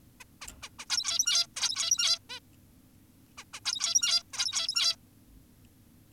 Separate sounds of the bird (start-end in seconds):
0.20-0.24, 0.42-0.47, 0.62-0.70, 0.79-0.86, 0.90-1.47, 1.56-2.19, 2.30-2.40, 3.38-3.44, 3.54-3.60, 3.65-4.23, 4.33-4.96